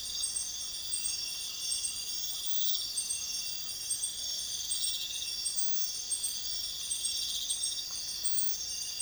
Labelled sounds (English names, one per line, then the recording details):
none
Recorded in pastures near Puerto Asís, Putumayo, Colombia, on 22 June 2025 at 03:30
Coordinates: 0.502, -76.324
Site G010